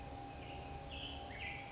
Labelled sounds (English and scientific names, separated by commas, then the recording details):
Black-headed Grosbeak (Pheucticus melanocephalus)
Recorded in Sonoma County, California